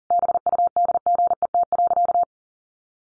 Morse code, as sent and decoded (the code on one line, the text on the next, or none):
-... ..- -.. --. . - .-.-.-
BUDGET.